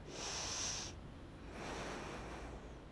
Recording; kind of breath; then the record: one breath in and out by a microphone near the nose and mouth; deep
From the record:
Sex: female